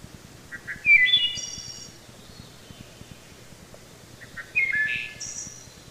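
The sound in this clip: Wood thrush song: two phrases, each opening with short soft notes, then a rich flutey slur and a thin high trill.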